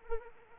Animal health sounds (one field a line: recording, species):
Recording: mosquito wingbeat signal from an infrared sensor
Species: Anopheles arabiensis